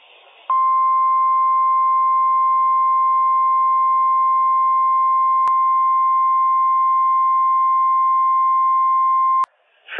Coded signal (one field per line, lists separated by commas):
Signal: Emergency Alert System (SAME) tones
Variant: 1050 Hz attention tone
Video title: Severe Thunderstorm Warning - WWF56 - EAS #116 - 12:09 AM PDT 6/15/21